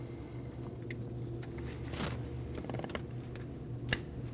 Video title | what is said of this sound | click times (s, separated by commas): How to Replace High Pressure Fuel Pump 2013-2019 Ford Escape 1.5L L4 | Wait for the click. | 3.9 s